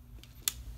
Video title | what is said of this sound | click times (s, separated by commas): How to Put DSLR Lens on Camera | you hear that click, you know it's good. | 0.5 s